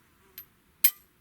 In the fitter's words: there's that clunk